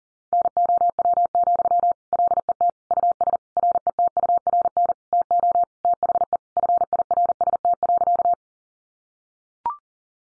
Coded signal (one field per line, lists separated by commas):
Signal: Morse code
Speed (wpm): 40 wpm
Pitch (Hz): 700 Hz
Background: none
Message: NOW, LET US RETURN TO THE FIRST.